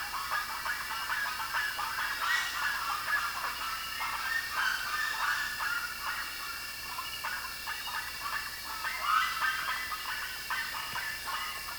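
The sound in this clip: Bird calls, a steady chatter of short harsh notes repeated quickly throughout, with brief louder flurries.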